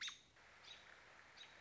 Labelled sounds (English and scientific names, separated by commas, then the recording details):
American Robin (Turdus migratorius)
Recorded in Sonoma County, California